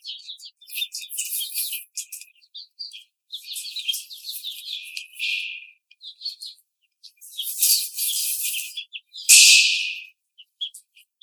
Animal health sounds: young laying hens in a cage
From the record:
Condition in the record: treatment cage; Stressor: simulated dog barking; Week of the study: 5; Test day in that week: 1

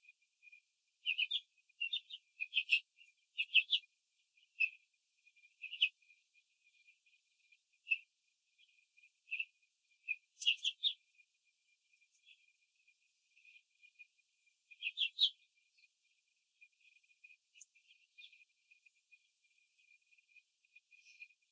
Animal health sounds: young laying hens in a cage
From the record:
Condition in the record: control cage, after the stress test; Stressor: none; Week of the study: 4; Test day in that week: 3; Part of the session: 4

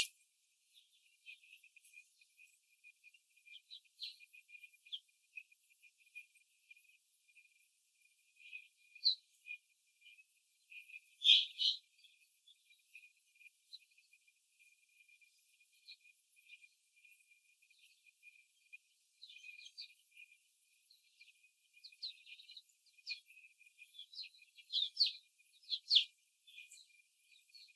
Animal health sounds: young laying hens in a cage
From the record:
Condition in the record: before the stressor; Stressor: simulated dog barking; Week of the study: 3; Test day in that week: 2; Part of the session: 3

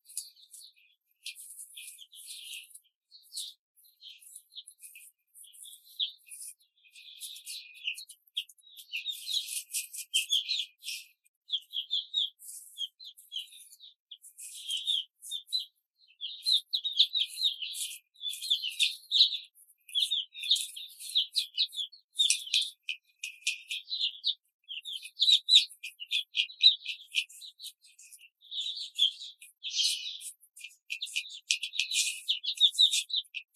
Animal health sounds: young laying hens in a cage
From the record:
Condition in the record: control cage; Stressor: none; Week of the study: 5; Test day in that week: 1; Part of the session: 2

